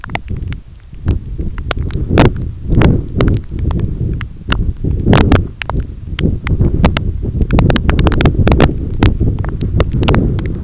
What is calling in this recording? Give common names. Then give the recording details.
none. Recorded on Arctic tundra, site EABA-1, on 21 June 2018. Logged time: 16:00